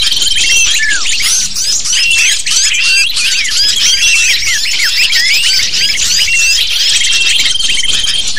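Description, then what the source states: Lovebirds chattering in a dense flock, shrill overlapping chirps and squeaks continuously, with a thin steady whistle-like tone running through parts of it. Lure recording (pikat) used to attract lovebirds.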